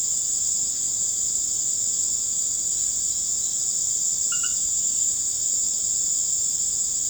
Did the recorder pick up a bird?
no